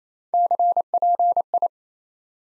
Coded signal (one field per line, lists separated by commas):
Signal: Morse code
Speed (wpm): 28 wpm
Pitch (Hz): 700 Hz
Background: none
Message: CPI